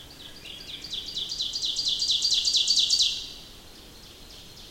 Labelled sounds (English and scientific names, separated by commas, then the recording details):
Ovenbird (Seiurus aurocapilla) song
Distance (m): 15 m
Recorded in boreal forest in Alberta, Canada, on 28 May 2016 at 07:17
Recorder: SongMeter 3, array SBT-3-49
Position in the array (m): 16 m, 207 m
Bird 15